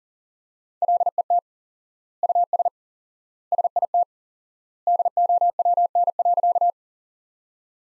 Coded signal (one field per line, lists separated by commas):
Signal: Morse code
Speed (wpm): 37 wpm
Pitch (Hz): 700 Hz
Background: none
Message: LET US SIT DOWN.